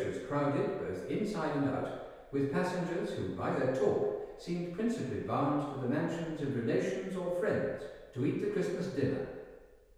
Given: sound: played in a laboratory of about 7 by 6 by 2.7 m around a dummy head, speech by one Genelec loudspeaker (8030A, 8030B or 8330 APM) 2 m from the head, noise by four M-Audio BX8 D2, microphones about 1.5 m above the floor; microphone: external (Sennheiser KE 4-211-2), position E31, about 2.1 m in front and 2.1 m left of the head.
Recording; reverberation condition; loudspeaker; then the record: male speech in English; high; behind (180 degrees)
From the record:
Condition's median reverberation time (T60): about 1300 ms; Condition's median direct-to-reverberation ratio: about -4.0 dB